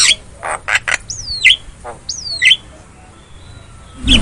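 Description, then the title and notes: Javan myna calling a few sparse notes: two clear falling whistled slurs, soft raspy bursts and a harsh final note. Lure meant to prompt a silent, non-singing bird to sing. "Pancingan Jalak Kebo Bisu. Kicau Jalak Kebo"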